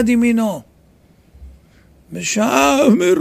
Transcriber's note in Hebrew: בבכי